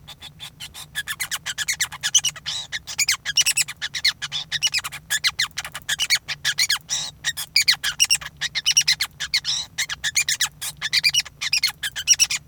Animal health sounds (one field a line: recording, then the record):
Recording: song of a male Bengalese finch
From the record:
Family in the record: son of father 5